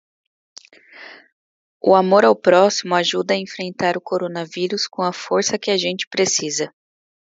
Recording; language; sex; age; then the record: spoken sentence; Brazilian Portuguese; female; 30 to 39 years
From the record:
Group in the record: control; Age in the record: 34 years